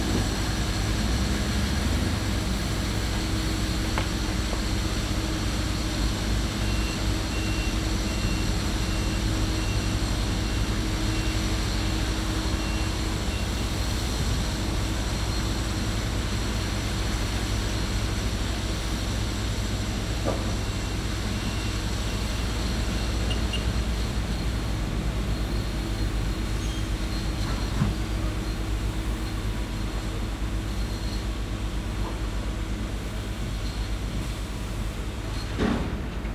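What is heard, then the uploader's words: Distant construction ambience: a steady, dense rumble of machinery with a low drone and a faint sustained hum running through the whole stretch. Occasional light clicks and knocks stand out at scattered moments, with a sharper clank near the end. Distant Construction Ambience.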